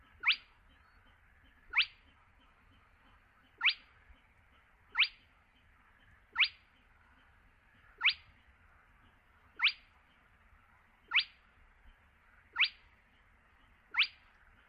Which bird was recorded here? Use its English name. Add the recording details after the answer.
Spotted Crake. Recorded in the wild. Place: Kützerhof, Kummerower See, Mecklenburg-Vorpommern, DE. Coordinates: 53.8522, 12.8731. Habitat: wetland. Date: 2009-06-19. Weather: leicht bewölkt, windstill, ca. 15 °C. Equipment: Sound Devices 702, Sennheiser MKH 70, Popschutz. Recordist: Frommolt, Karl-Heinz